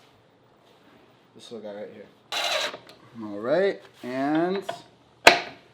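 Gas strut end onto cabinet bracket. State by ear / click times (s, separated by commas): seated / 5.3 s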